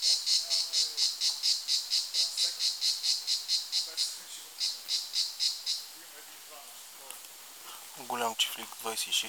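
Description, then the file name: Plebeian cicada song of rhythmic buzzy pulses, stopping after about six seconds; a brief different animal call follows near the end. "plebejus"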